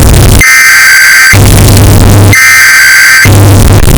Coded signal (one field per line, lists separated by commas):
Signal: Emergency Alert System (SAME) tones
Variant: header bursts